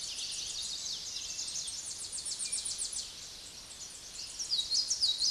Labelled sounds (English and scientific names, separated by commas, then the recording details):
Tennessee Warbler (Leiothlypis peregrina) song
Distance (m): 20 m
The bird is about 10 m above the microphone
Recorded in a Pennsylvania forest on 16 May 2024 at 06:18
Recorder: AudioMoth, point MSD-2306
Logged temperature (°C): 15.6 °C
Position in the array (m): 39 m, 54 m